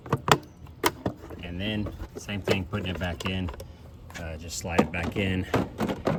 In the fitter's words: The bottom and top both hinge, and you just close it until you hear that snap.